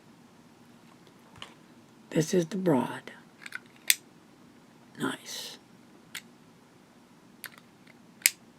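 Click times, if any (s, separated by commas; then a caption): 8.3 s. Someone talks while a Visconti Mirage fountain pen is handled, with a few light taps and clicks before a loud click at 3.9 s. The fountain pen cap is then pushed onto the pen body and locks in place with a sharp click at 8.3 s.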